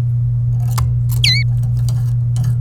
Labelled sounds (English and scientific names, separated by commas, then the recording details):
Domestic Canary (Serinus canaria) song
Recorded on 27 April 2018 at 12:45
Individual llb3